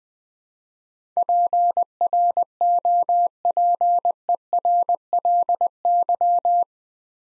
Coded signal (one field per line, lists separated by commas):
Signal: Morse code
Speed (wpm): 20 wpm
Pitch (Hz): 700 Hz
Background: none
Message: PROPERLY